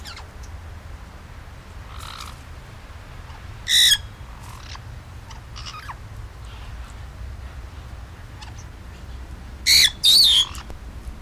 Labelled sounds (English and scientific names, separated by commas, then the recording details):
Black-headed Parrot (Pionites melanocephalus) call
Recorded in captivity
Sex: pair
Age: adult
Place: Tiergarten Wilhelma/Stuttgart, Baden-Württemberg, DE
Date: 1998-10-02 17:36
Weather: bedeckt, ca. 14°C
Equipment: Sony MD-WM MZ-R3, Sennheiser MKH 416 T, Kopie Uher 4000 Report Monitor
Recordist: Tembrock, Günter